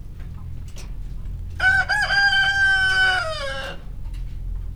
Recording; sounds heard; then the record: poultry house recording; healthy chickens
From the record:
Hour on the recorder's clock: 18